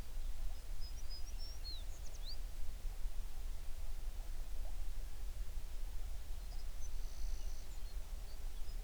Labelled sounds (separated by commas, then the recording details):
songbird
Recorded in the Prudhoe Bay oil fields, Alaska, on 11 June 2019 at 04:31
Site 21